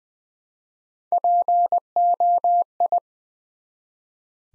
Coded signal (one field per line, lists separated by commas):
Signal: Morse code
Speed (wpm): 20 wpm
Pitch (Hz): 700 Hz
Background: none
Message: POI